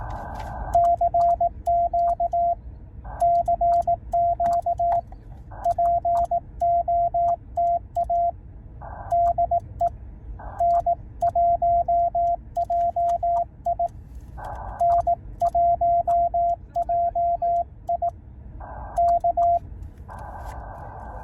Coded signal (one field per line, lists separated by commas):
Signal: Morse code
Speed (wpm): 18 wpm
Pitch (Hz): 690 Hz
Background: radio noise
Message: CQ CQ POTA DE N1JI N1JI K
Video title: 2024 Hamvention Road Trip Day 2